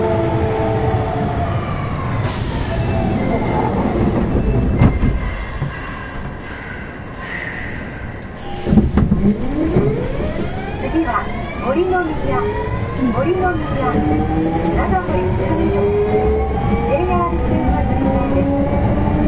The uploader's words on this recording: 近鉄7000系 地下鉄中央線 本町から長田まで. It is a running sound of a Kintetsu 7000 series train. I recorded on the Osaka city subway Chuo Line of a direct drive destination.